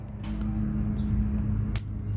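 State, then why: Seated. Two trailer brake wires are pushed fully into a silicone-filled insulation-displacement butt connector, which is squeezed shut with pliers. Over a steady low hum, a single sharp click sounds at 1.8 s as the connector closes. The connector is seated and crimped onto the wires.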